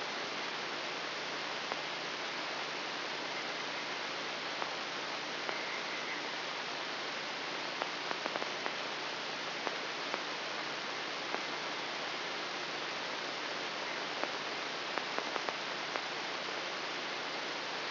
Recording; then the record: brain microelectrode recording played as sound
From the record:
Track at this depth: inside the subthalamic nucleus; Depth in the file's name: 2.909 mm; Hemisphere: left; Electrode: 3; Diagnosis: Parkinson's disease